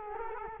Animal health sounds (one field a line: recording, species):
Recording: mosquito wingbeat signal from an infrared sensor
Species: Culex quinquefasciatus